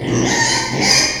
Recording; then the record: squeal of a Yucatan mini pig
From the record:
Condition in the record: before surgery on the right vocal fold (resection and tissue-engineered implant); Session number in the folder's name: 2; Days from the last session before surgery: 0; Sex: male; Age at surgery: 12 weeks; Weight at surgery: 13 kg